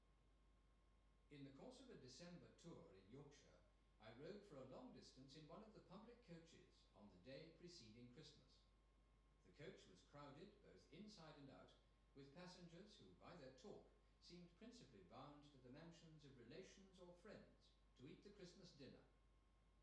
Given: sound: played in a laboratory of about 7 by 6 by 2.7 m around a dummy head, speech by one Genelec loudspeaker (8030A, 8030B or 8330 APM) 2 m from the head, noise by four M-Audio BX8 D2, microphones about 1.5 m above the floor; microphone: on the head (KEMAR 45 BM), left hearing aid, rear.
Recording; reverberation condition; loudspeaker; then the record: male speech in English; medium; 30 degrees to the right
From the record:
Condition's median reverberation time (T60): about 510 ms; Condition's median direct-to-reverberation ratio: about -0.5 dB